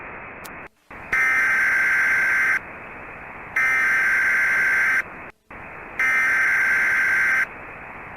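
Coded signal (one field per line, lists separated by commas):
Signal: Emergency Alert System (SAME) tones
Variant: header bursts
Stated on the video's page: Homemade EAS scenario mock.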